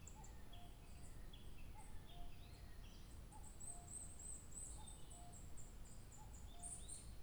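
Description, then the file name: Birdsong: a soft low whistle repeated several times, with thin high chirps and short notes above, over a steady low rumble. 2 July 2023. "birdsong 20230702"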